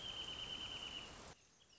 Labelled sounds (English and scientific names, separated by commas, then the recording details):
Wrentit (Chamaea fasciata)
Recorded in Sonoma County, California